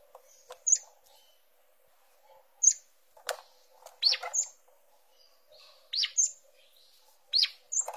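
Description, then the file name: Green-winged saltator song: short, loud chirpy phrases in bright bursts, given in uneven clusters every second or two, with softer high notes between them. "canto do bico duro"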